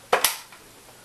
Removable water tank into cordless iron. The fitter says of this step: this down and it snaps back in like so and you're